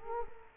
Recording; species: mosquito wingbeat signal from an infrared sensor; Culex quinquefasciatus